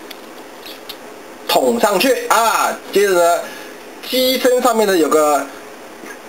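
A plastic blade accessory with a small bump is pushed onto the cannon of a Transformers Prime Commander Dreadwing toy, which has small notches on both sides. Two small plastic clicks are heard at 0.1 and 0.9 seconds as the blade seats onto the cannon. Someone then talks.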